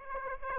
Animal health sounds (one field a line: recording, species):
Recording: mosquito wingbeat signal from an infrared sensor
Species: Aedes aegypti